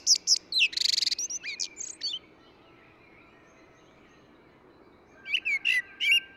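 Eurasian blackbird giving a phrase of sharp high whistles and a rattling twitter, then falling silent before a short fluty phrase resumes at the end.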